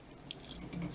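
A plastic part of a 1/144 HG ZZ Gundam model kit is pulled out during transformation and pops free with a sharp click at 0.3 s, followed by a softer tick at 0.5 s. The part is released.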